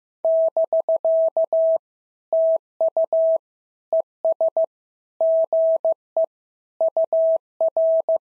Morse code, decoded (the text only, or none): <BK> TU ES GE UR